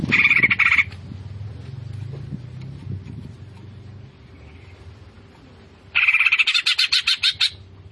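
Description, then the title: Greater green leafbird song: a harsh, chattering burst, a long quiet gap with low hum, then a loud rapid series of buzzy notes near the end. Greater green leafbird singing vigorously (gacor). "Cucak Ijo Gacor"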